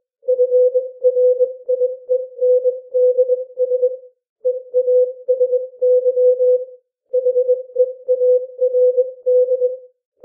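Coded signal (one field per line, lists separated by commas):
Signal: Morse code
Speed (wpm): 21 wpm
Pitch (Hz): 500 Hz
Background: none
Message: FRIENDS EASY HEARD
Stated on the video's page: Morse reading practice at 18 to 21 wpm.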